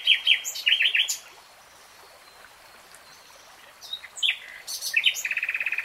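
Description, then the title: Nightingale song: varied phrases of sharp chirps and whistles, pausing briefly, then ending in a fast rattling trill of repeated notes. "[Tiếng chim hót] Nightingale Singing"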